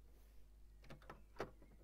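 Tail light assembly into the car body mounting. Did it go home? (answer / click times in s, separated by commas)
yes / 1.4 s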